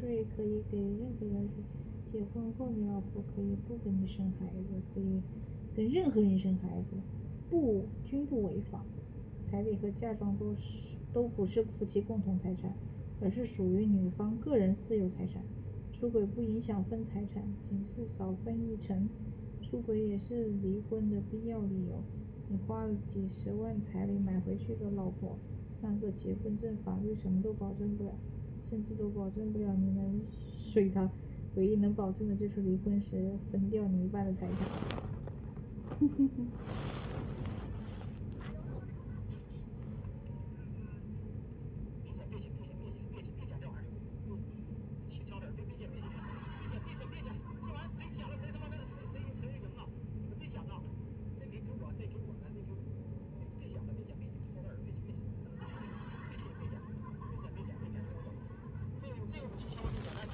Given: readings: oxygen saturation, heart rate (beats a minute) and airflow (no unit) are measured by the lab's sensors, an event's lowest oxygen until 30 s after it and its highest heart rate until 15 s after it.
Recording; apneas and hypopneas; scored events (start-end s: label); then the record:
a person awake in a sleep study, by a smartphone at the bedside; none
0.00-60.33 s: awake
0.00-60.33 s: awake
From the record:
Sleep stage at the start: awake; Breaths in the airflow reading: 22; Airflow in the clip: -0.7 to 0.6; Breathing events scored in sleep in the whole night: 496 in 5.4 hours asleep